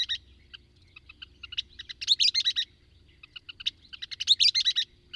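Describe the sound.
Bird song: sparse ticking notes lead into two loud, scratchy, buzzy bursts, with a faint low rumble throughout.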